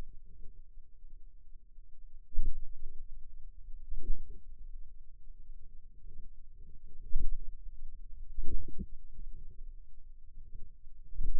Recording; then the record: forearm muscle sounds (acoustic myography)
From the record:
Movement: pen grasping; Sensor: system 2, bracelet of six BSWA MPA416 microphones around the upper forearm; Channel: 2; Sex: female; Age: 23 years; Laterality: right